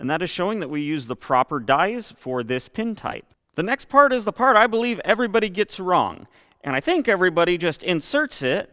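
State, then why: Not seated. A crimped metal contact pin on solar wire, marked C1 to show the proper crimp dies were used for this pin type, is handled before being pushed into the back of a plastic MC4 solar connector housing. Throughout the clip someone talks, with only short pauses. Nothing has seated or clicked into the housing yet.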